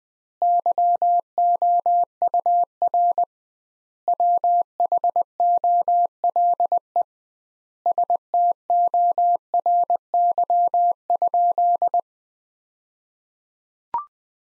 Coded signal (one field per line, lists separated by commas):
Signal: Morse code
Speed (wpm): 21 wpm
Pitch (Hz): 700 Hz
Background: none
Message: YOUR WHOLE STORY?